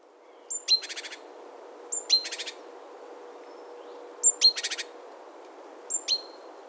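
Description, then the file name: Great tit giving its call: a pair of thin high notes, then a fast series of harsh buzzy pulses. The phrase is heard four times. "Parus major"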